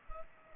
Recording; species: mosquito wingbeat signal from an infrared sensor; Culex pipiens